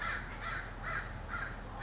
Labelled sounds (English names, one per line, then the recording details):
American Crow
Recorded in Sonoma County, California